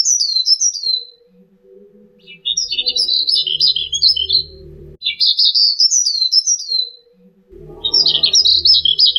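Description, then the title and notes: Bird song in separate bursts of high twittering phrases with gaps between them, with some low background noise. Birdsong for training pet birds. "Suara Burung. Suara Kicauan Burung untuk memaster burung kesayangan"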